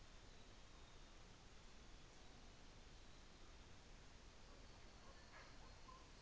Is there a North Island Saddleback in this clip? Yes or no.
no